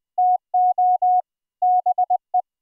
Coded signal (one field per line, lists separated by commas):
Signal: Morse code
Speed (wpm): 20 wpm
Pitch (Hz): 730 Hz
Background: none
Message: TO BE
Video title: Full Duplex CW MiDi Over iP QSO using Gstreamer on a Private ZeroTier network - Live DEMO